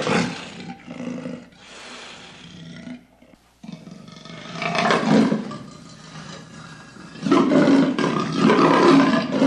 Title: El Grunido Furioso De Un Leopardo. Злое рычание леопарда